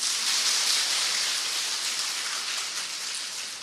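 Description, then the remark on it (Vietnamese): Steady, dense applause from an audience at a Buddhist dharma talk, praising two children who sat quietly listening; a continuous crackle of many hands clapping at fairly even loudness that eases off slightly toward the end, with no voices over it. “Có hai đứa nhỏ nó đi theo, đứa trai đứa gái, nó ngồi nghe pháp mà nó ngồi im ru à, tròn tràng pháo tay đó.”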